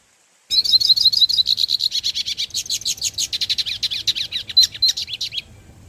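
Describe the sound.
Hooded siskin singing one long continuous phrase of rapid, high, chattering notes lasting about five seconds.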